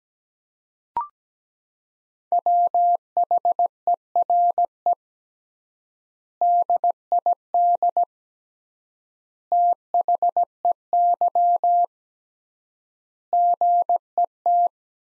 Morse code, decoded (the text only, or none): WHERE DID THEY GET